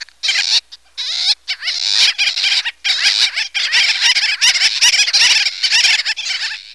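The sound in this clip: Gull-billed Tern calls, harsh nasal notes tumbling over one another in a dense, near-continuous series with only brief gaps.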